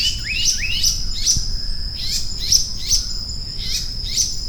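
Maratua monarch giving short downslurred chirps in pairs and small groups, with a constant shrill insect drone behind.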